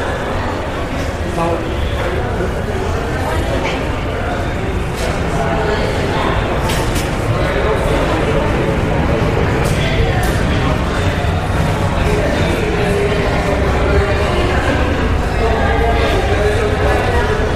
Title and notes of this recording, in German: Sanfte Klänge aus der Flughafen-Abfertigungshalle. Sanften Klängen des geschäftigen Treibens, dem gedämpften Gemurmel von Passagieren und dem entfernten Summen der Anzeigetafeln